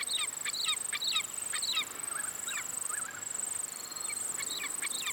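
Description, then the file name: Wedge-tailed eagle giving high, sharp whistled notes in short bursts, with a few lower slurred notes midway, a steady high insect drone running throughout. "Aquila Audax"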